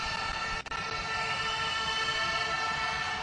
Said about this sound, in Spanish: Suenan ya las bocinas.